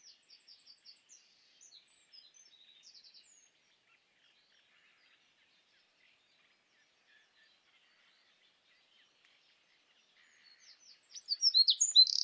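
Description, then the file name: Eurasian wren song: soft run of high, quick notes at first, a long quiet gap, then a loud, rapid trilling burst at the end. "Troglodytes troglodytes"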